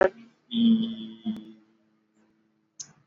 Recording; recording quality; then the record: sustained vowel as in beet; excellent, no background noise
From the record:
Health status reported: exposed to COVID-19, no respiratory illness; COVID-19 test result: not tested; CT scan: not taken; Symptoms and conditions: none ticked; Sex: male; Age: 31 years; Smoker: yes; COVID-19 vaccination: both doses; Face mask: worn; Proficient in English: yes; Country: India